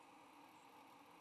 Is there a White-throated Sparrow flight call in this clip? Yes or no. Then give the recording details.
no. Another species' flight call is heard. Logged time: 06:48 on 22 November 2014